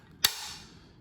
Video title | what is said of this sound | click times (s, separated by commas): OceanAir Hatch Shade Repair | and clicks in place. | 0.2 s